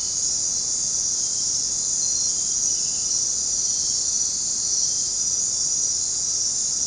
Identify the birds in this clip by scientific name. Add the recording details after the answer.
none. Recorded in dense forest near Puerto Asís, Putumayo, Colombia, on 20 February 2024 at 19:30. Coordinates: 0.503, -76.322. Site G6418